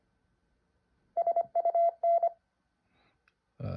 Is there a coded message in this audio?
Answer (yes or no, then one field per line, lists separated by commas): yes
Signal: Morse code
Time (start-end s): 1.2-2.3 s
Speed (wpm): 25 wpm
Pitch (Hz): 680 Hz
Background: none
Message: SUN